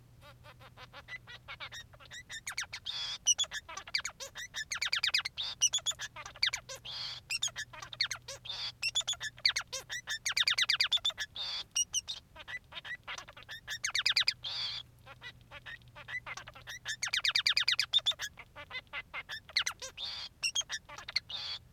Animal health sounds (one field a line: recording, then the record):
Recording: song of a male Bengalese finch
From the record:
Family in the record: son of father 3